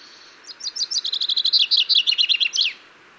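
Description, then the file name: Common chaffinch song: a fast rattling sequence of high notes stepping down the scale, ending in a sharp upward-flicked flourish. "Fringilla coelebs"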